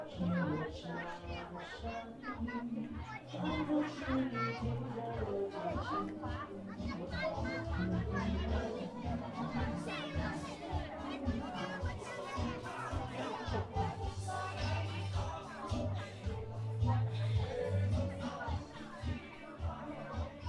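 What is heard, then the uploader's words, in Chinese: Crowd noise at Hongyadong in Chongqing: many voices talk over one another in a steady, dense babble that never drops away. Children's voices and brief louder calls rise out of the mix now and then, over a constant low rumble. 重庆洪崖洞。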